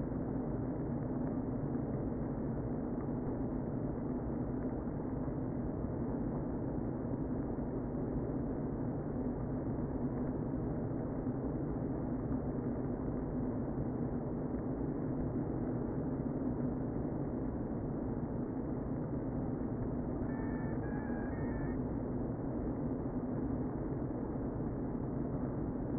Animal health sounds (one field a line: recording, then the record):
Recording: honeybee colony, microphone inside the hive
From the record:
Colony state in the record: queen present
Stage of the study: before two queens were removed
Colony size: about 60,000 bees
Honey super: yes